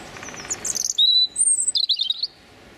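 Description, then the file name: European robin song: a short phrase of high, thin whistles and quick tinkling trills, pitched notes sliding and jumping, ending in a rapid twittering flourish. Male singing his territorial song. "European Robin Erithacus rubecula male singing his territorial song"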